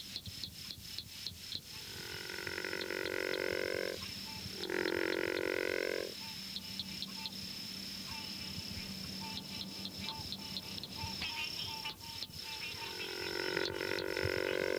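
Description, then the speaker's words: River frog growls: three rasping calls separated by gaps, the last running to the end, over rapid clicking and a constant high whine. Florida; river swamps and cypress-bordered lakes of the Panhandle and Northern Peninsula; often fairly common but its growling call is seldom heard. "Although the species is often fairly common, its growling call is seldom heard."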